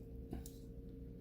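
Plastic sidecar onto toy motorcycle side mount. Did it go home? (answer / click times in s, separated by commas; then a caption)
no / none. A plastic sidecar is pushed onto the side mount of a toy RAM motorcycle, producing a soft, dull contact around 0.3 s and a brief, bright plastic tick near 0.5 s over a steady low hum. The sidecar has not clicked into place on this cycle, unlike on the other one.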